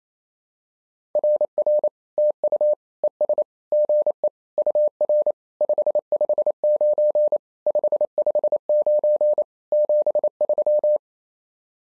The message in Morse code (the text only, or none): RR TU ES GE UR 559 559 73